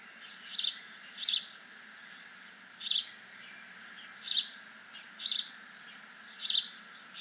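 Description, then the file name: House sparrow chirping, about seven sharp chirps at uneven intervals over several seconds, with faint calls between. "Passer domesticus"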